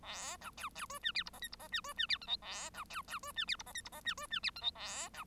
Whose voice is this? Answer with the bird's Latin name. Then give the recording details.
Lonchura striata domestica. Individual Bird1